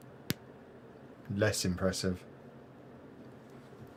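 A plastic LEGO brick is pressed onto another brick and seats with a quieter click at 0.3 s. Shortly after, someone talks. The click is less impressive but still good, and the piece is in.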